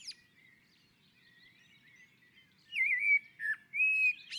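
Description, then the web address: Common blackbird singing a rich, fluted warble at the end, after faint sounds. Sung from a roof. "Naturinspelningar Koltrast på taket"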